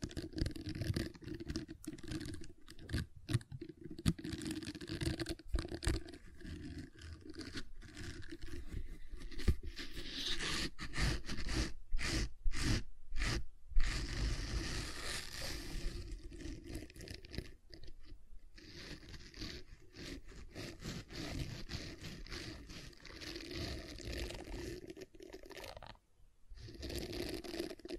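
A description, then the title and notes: Gentle silicone sounds: soft squishing, tapping and crinkly textures that continue without pause for the whole clip. Quick bursts of clicks cluster around ten to fourteen seconds, with brief near-silent gaps around eighteen and again at twenty-six seconds. ASMR Gentle Silicon Sounds for Sleep (No Talking).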